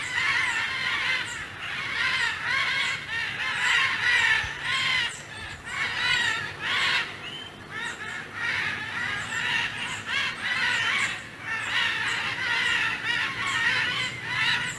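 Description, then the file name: Military macaws in a chorus of overlapping harsh, grating squawks and screeches, continuous and uneven throughout, with no quiet gaps. "canto del guacamayo militar"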